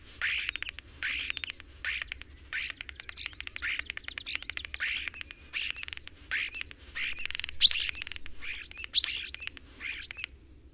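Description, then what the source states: Common starling song: a steady run of dry clicking bursts in quick succession, with thin whistles and two sharp squeaks woven through. Recorded in spring.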